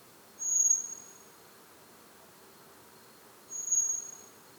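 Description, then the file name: Common blackbird uttering two high, thin whistled notes roughly three seconds apart, with soft background hiss. "Turdus merula"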